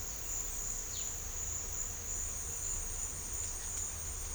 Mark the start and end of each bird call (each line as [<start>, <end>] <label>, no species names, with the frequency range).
[0.84, 1.05] bird call (2.7-5.6 kHz)